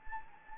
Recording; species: mosquito wingbeat signal from an infrared sensor; Anopheles gambiae